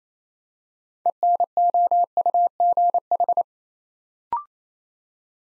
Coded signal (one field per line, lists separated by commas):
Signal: Morse code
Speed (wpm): 27 wpm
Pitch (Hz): 700 Hz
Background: none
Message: ENOUGH